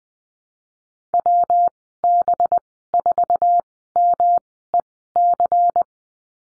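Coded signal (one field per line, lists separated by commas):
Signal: Morse code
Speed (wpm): 20 wpm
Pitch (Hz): 700 Hz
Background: none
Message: WB4MEC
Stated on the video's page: Morse course lesson on the letter b with call signs, Farnsworth speed 20/10 wpm.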